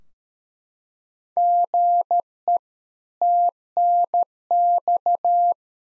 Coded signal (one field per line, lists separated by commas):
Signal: Morse code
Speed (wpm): 13 wpm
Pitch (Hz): 700 Hz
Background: none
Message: GE TNX